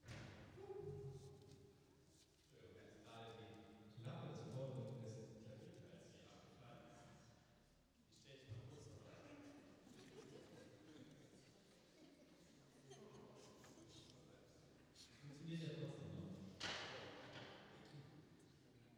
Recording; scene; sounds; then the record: everyday scene through a hearing-aid microphone; reverberant space; speech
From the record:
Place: church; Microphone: in the ear canal, right